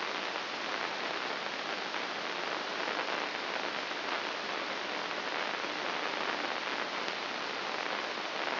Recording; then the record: brain microelectrode recording played as sound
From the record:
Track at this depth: inside the subthalamic nucleus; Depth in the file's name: 3.42 mm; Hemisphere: left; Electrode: 2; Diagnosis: Parkinson's disease